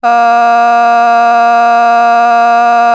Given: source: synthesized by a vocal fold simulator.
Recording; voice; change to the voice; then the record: sustained vowel; female; vocal strain, level 6 of 10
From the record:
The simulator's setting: 0.56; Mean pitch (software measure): 235 Hz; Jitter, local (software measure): 0.53%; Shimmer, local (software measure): 3.0%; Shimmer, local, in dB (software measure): 0.26 dB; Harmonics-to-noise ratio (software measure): 24.6 dB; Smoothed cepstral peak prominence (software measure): 20.9 dB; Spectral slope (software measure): -17.9 dB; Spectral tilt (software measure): -7.6 dB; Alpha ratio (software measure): -8.4 dB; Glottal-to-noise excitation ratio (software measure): 0.983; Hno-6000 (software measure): 1.9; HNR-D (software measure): 41.1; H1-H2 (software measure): -1.4 dB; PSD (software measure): 3.4e-05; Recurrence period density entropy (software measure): 0.118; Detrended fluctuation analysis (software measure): 0.0105